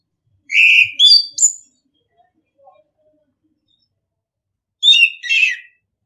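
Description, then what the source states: Orange-headed thrush giving a short burst of scratchy, warbled notes, a long pause, then a second short burst. Training recording (masteran) of orange-headed thrush song for birds to learn from; song style called ngeplong.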